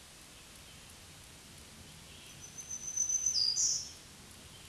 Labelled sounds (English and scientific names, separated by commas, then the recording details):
Black-throated Green Warbler (Setophaga virens) song
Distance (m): 5 m
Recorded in a Pennsylvania forest on 1 June 2023 at 07:15
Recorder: AudioMoth, point grid3_26_high
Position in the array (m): 159 m, 39 m